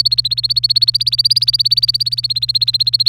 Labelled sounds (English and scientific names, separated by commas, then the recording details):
Domestic Canary (Serinus canaria) song
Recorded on 26 April 2018 at 05:57
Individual llb3